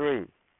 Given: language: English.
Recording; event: throat vibration sensor signal played as sound; speech